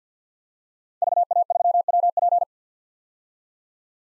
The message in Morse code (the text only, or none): VA3WP